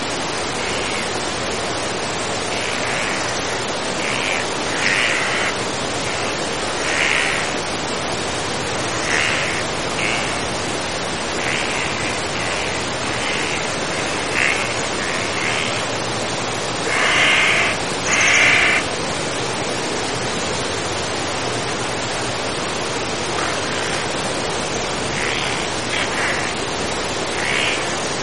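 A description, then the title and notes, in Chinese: Steady, dense rain hisses through a forest, with brief brighter chirps or calls around seconds 17 and 18 and scattered throughout. 雨中森林。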